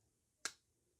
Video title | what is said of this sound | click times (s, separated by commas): UNITY Fast OMNI & 30mm Mount - Your Magnifiers Best Friend? | pops right back into place and when it pops into place it really does pop into place there is no wiggle to this thing at all | 0.4 s